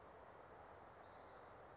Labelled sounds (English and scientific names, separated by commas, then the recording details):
Orange-crowned Warbler (Leiothlypis celata)
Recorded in Sonoma County, California